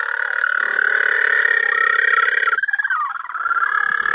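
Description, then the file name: Little penguin call, sustained harsh braying drone broken by a short wavering whine, then the buzzy bray continues. Calls recorded at a breakwater in St Kilda on 21 November 2009. "20091121 Little Penguin calls at St Kilda Breakwater"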